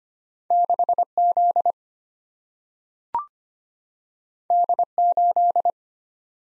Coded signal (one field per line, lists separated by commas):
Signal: Morse code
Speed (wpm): 25 wpm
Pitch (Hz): 700 Hz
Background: none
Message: 6Z D8